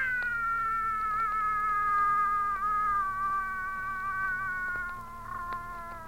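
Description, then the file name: Cat giving a single long, drawn-out meow, rich in harmonics, held steadily for about six seconds and sliding slowly lower in pitch throughout. "gatti cats"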